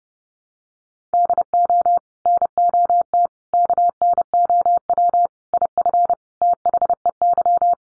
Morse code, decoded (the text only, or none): DO NOT KNOW IF THEY